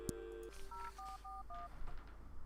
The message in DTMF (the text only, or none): 0441